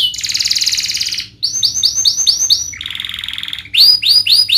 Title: Kenari Gacor Cengkok Terbaik Isian Paling Mewah